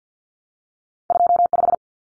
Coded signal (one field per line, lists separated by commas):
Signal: Morse code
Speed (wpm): 50 wpm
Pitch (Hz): 700 Hz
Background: none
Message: 25